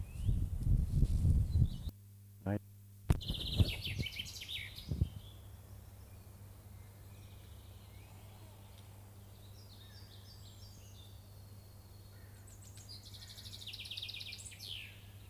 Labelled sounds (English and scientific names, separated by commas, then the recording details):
Common Chaffinch (Fringilla coelebs) song
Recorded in the wild
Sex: male
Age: adult
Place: Hermsdorfer Forsten, Berlin, DE
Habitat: forest
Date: 2005-05-05 12:13
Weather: partly cloudy, 12°C
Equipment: Sony WM-D6C, Sony ECM-MS 907, Kopie Uher 4000 Report Monitor
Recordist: Tembrock, Günter